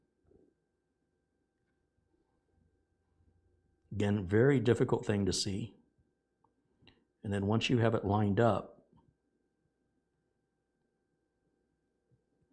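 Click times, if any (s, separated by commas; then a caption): none. An antenna cable connector is positioned and lined up over the terminal of an M.2 WiFi card in a laptop before being pressed home. Someone talks in two bursts, around 3.9–5.8 s and 7.2–8.8 s, with faint handling sounds in between, including a brief tick near 6.9 s. Nothing has clicked or seated yet.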